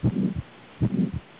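Two adult heart cycles at about 80 beats a minute, each with a rough, rumbling murmur filling the gap between the first and second sounds. This systolic murmur fits aortic stenosis, a narrowed aortic valve that causes turbulent outflow.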